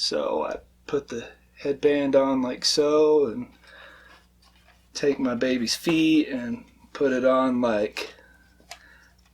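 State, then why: Seated. Someone talks while putting on a metal headband and placing the feet of a foam baby dragon prop, which hold neodymium magnets, onto it. At 8.7 s a short, sharp snap is heard as the magnetic feet click into place on the headband, the snap showing the prop is secure.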